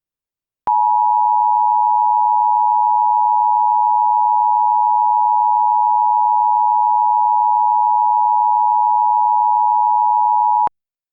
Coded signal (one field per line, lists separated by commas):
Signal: Emergency Alert System (SAME) tones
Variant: 853 and 960 Hz attention tone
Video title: EAS Scenario #1: Containment Breach